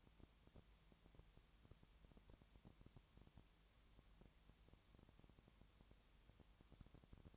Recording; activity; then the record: daily activity, microphone in the room; no activity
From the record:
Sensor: 3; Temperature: 20.6 degrees Celsius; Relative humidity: 34.7%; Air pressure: 1007.2 hPa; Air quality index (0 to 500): 137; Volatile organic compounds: 3 ppm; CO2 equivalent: 1525 ppm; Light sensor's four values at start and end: 2/3/2/2 and 2/3/2/2